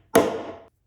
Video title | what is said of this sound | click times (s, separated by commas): FORBIDDEN UPGRADE For Your Stihl Trimmer: Installing a Universal Speed Feed Head On A Stihl KM130R! | Notice the adapter is not fully seated. | 0.1 s